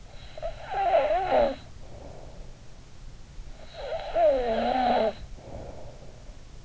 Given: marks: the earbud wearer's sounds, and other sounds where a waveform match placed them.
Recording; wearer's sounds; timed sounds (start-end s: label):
sounds in sleep by an in-ear microphone; snoring breath
0.03-2.63 s: snoring breath
3.71-6.26 s: snoring breath